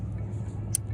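A thumb pushes hard on the locking tab of a plastic wiring harness connector on a valve cover component of a BMW N55 engine, during valve cover removal on a 2014-2016 BMW M235i. A single sharp click at 0.8 s stands out over a steady low hum. The connector lock clicks open into the unlocked position, releasing the connector.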